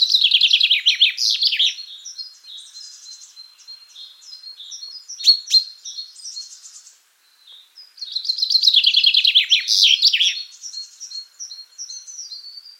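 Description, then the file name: Common chaffinch vocalizing: a loud tumbling trill-like phrase, steady high repeated notes, a short pause, then another loud rapid descending flourish. "Fringilla coelebs"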